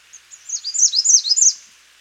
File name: Setophaga ruticilla - American Redstart